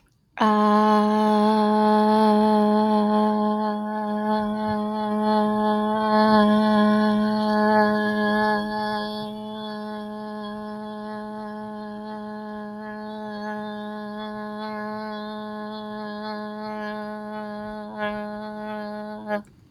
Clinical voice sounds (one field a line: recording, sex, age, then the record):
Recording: vowel held as long as possible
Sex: female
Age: 30 to 39 years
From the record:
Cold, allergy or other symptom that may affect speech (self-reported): no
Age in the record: 38 years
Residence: New York, United States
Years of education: 18